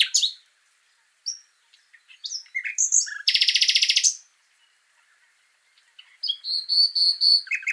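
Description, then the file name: Common nightingale song with scattered chirps and whistles, a dense rapid pulsed burst in the middle, and a repeated whistled phrase near the end. "Luscinia megarhynchos"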